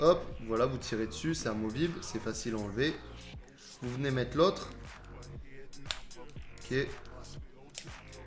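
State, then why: Seated. Someone talks while the removable side door of an action camera, which had been losing power and cutting off recording, is pulled off and replaced with a third-party side door. Light handling taps and clicks follow as the new door is pressed on, ending in a sharp click at 7.8 s as it clips into place. The door is confirmed to clip in well and sit fully in place.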